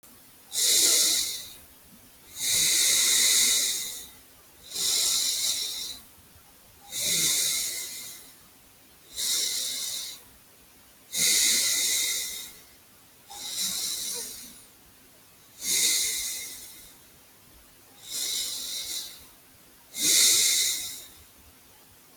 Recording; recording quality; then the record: deep breathing; excellent, no background noise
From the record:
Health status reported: healthy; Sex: male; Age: 22 years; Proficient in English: yes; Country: India